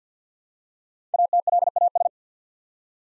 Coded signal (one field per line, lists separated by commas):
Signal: Morse code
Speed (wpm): 49 wpm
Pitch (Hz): 700 Hz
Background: none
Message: ATLAS